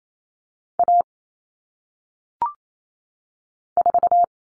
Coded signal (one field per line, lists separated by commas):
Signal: Morse code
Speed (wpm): 28 wpm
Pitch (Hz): 700 Hz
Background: none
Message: A 4